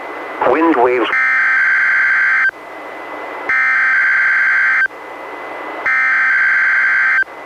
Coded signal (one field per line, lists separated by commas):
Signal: Emergency Alert System (SAME) tones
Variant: header bursts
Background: speech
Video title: EAS #517: NWR Required Weekly Test- June 9, 2021- 11:11AM PDT